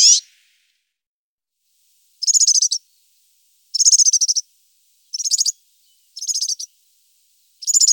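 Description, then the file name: European serin song in short, high, buzzy jingling bursts, each under a second, separated by pauses of about half a second to two seconds. "Girlitz"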